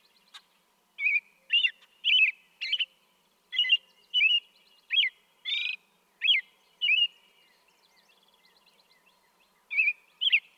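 American robin delivering a long run of liquid whistled syllables, one after another, then a pause and two more notes.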